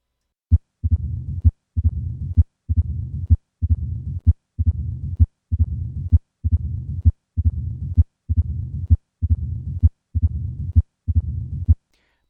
Atrial Myxoma. Recorded at the apex. Most cardiologists recognize this sound as the opening snap and diastolic rumble of mitral stenosis.